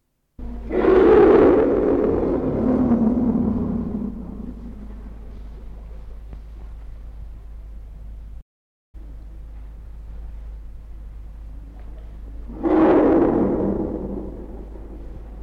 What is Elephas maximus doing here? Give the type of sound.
call